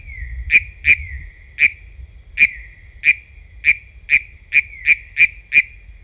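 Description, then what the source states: Philautus frog giving a loose string of about eleven sharp, high clicking notes at uneven intervals, with a steady insect drone behind. Unidentified Philautus species labelled sp 7.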